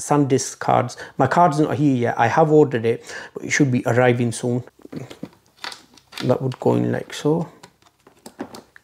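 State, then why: Seated. An SD memory card is pushed into the card slot of a Canon R8 camera while someone talks. A few soft handling ticks come first, then the card latches into the slot with sharp clicks at 8.3 s and 8.8 s, and it is seated.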